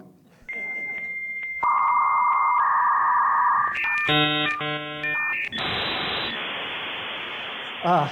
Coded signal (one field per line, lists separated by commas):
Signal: dial-up modem handshake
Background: speech